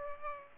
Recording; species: mosquito wingbeat signal from an infrared sensor; Aedes aegypti